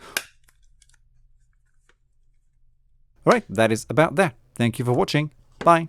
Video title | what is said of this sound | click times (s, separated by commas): JBL Live 780NC - How to Remove the Ear Pads / Ear Cups | Then the ear cup just snaps back into place like so. | 0.2 s